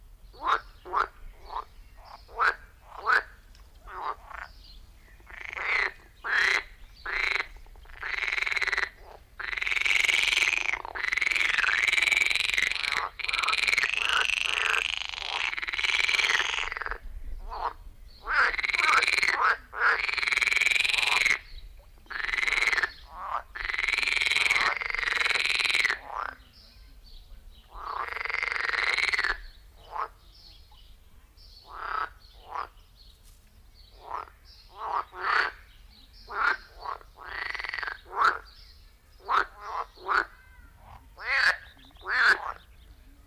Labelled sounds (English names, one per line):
Edible Frog call